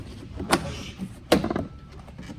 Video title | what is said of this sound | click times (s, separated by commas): How to Change the Air Filter(s) on a 2010 C300 W204 M272 E25/30/35 Engine | In like that until it snaps, and just give it a tug test. | 1.3 s